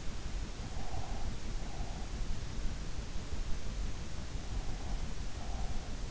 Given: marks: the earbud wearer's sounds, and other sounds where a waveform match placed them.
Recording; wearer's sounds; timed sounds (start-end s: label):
sounds in sleep by an in-ear microphone; breath
0.53-2.65 s: breath
4.33-6.07 s: breath